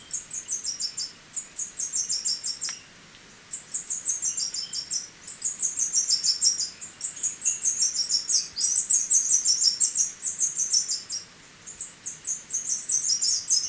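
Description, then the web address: Spectacled whitestart song, bursts of quick, high, descending chip notes repeated with brief pauses, over a low hiss. Recorded in Ecuador. "Natures Songs S America Birds of Ecuador Spectacled Whitestart"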